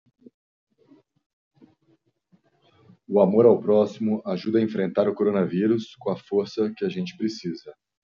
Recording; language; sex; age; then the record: spoken sentence; Brazilian Portuguese; male; 40 to 49 years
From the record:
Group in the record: control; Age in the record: 46 years